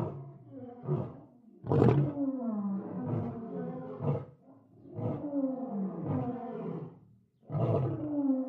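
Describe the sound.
Lion roaring: a steady series of deep, throaty grunts, each sliding downward in pitch, with a brief pause near the end.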